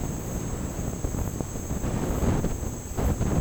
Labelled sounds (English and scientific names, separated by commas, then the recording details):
none
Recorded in dense forest near Puerto Asís, Putumayo, Colombia, on 25 June 2025 at 10:00
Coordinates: 0.486, -76.317
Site G065